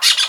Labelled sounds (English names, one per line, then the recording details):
Brown-throated Parakeet contact call
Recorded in Venezuela
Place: Guárico; Corozopando; Fundo La Fe
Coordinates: 8.506, -67.593